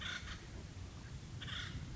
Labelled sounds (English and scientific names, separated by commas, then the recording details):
Acorn Woodpecker (Melanerpes formicivorus)
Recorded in Sonoma County, California